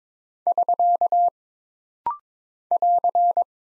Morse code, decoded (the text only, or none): <SK> <AR>